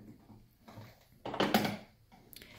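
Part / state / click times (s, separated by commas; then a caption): drawer slide rail into dresser cabinet glide / seated / 1.5 s. On a Child Craft dresser, a drawer-side ball-bearing slide member is pushed forward into the cabinet-side metal glide on the first side, making a rolling, rattling slide sound from about 1.3 s. A sharp click at 1.6 s marks the slide locking into the glide, followed by faint ticks near 2.3 s. The drawer slide is seated.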